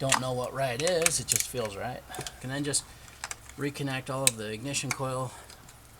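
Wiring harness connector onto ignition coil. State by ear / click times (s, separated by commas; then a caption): not seated / none. Someone talks while handling a plastic wiring harness connector to reconnect it onto an ignition coil of a 2005 Toyota Corolla 1ZZ-FE 1.8L 4-cylinder after replacing the NGK Iridium spark plugs. Nothing has seated or clicked yet; the clip ends just before the connector snaps into place.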